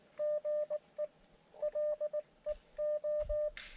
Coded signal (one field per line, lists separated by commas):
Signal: Morse code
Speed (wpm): 19 wpm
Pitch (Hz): 600 Hz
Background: none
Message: GE LEO